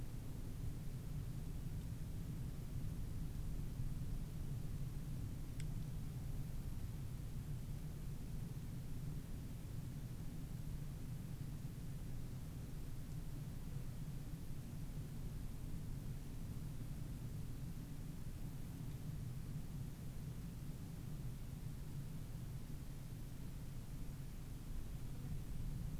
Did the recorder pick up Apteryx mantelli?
no